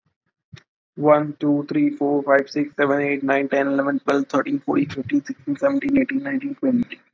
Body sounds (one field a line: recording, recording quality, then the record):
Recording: counting at a fast pace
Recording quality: excellent, no background noise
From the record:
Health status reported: healthy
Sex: female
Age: 30 years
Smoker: no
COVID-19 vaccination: both doses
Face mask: not worn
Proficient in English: yes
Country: India